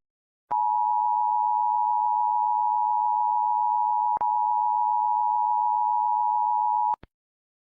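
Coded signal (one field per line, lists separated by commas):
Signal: Emergency Alert System (SAME) tones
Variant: 853 and 960 Hz attention tone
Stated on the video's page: EAS alarms in low audio quality from a television.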